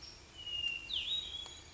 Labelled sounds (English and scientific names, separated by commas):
Hermit Thrush (Catharus guttatus)